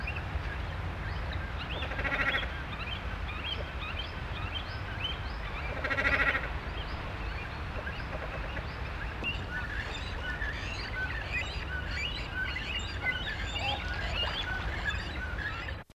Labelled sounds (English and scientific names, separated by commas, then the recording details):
Great Cormorant (Phalacrocorax carbo) begging call
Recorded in captivity
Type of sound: begging call
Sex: group
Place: Tierpark Hellabrunn, Bayern, DE
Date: 1977-08-22
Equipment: Halbspur, 9,5 cm/s
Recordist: Lütgens, Hans
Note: Nestjunge betteln